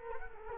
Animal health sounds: mosquito wingbeat signal from an infrared sensor; Culex quinquefasciatus

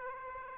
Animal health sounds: mosquito wingbeat signal from an infrared sensor; Aedes aegypti

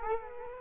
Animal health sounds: mosquito wingbeat signal from an infrared sensor; Culex quinquefasciatus

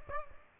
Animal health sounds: mosquito wingbeat signal from an infrared sensor; Aedes albopictus

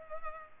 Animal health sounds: mosquito wingbeat signal from an infrared sensor; Culex pipiens

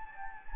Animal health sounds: mosquito wingbeat signal from an infrared sensor; Anopheles gambiae

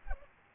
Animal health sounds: mosquito wingbeat signal from an infrared sensor; Aedes aegypti

